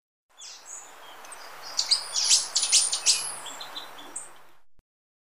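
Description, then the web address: Slaty antwren song: a short rapid series of sharp high notes lasting about a second and a half against low background hiss. Recorded in Ecuador. "Birds of Ecuador. Slaty Antwren"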